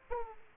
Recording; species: mosquito wingbeat signal from an infrared sensor; Aedes aegypti